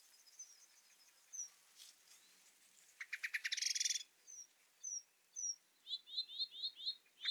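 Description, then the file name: Common blackbird calls over a faint background hiss: thin, high notes, a harsh, rattling chatter, then a run of quick, paired, chirping notes. "Turdus merula"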